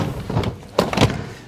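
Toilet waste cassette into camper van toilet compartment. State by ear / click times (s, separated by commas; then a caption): seated / 0.8 s. A removable toilet waste cassette is pushed back into its compartment in a VW Grand California camper van. A sharp click at 0.8 s, with softer knocks around 0.4, 0.9 and 1.1 s, marks the cassette latching home and seated in place.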